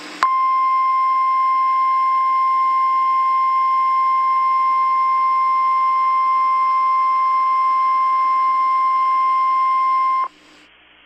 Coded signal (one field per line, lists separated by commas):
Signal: Emergency Alert System (SAME) tones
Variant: 1050 Hz attention tone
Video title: EAS Scenario Special - Long Valley (With BlackBird7790)